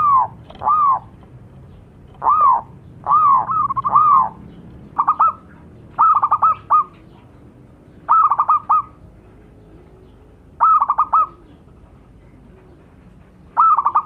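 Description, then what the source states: Zebra dove cooing in short bursts of rapid, stuttering, bubbly notes, each burst repeated every one to three seconds over quiet background. Lure calls, cooing vigorously.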